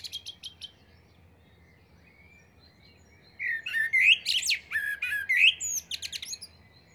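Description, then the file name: Common blackbird song: a few high ticks open it. After about three quiet seconds, mellow fluty warbling follows, broken by bursts of thin, shrill twitter. "Turdus merula"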